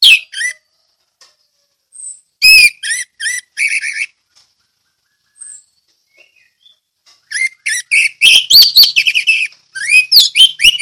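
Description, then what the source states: Orange-headed thrush song: a couple of opening notes, a short series of repeated notes, a quiet gap, then a long rapid and varied phrase of chips and whistles. Ngeplong song style.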